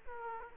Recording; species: mosquito wingbeat signal from an infrared sensor; Aedes aegypti